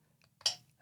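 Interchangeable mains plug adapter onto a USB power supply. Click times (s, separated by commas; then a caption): 0.5 s. A UK three-pin plastic plug adapter is pushed onto a compact USB power brick. After faint handling noise, it locks into place with a sharp click at 0.5 seconds, preceded by a small tick at 0.4 seconds.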